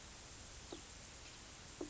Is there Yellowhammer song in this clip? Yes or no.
no